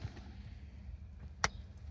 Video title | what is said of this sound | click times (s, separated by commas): 2010 Chevrolet Express 2500 4.8L Spark Plugs and Ignition Wires. And AC stuck on Defrost | and look you keep pushing it's going to click again | 1.4 s